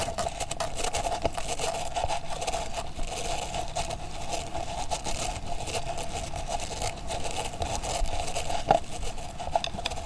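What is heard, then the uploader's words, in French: Continuous scratching, rubbing and chewing sounds form a dense, gritty crackle with rapid irregular ticks, a steady mid hum, and a sharp click near nine seconds. Insectes étranges...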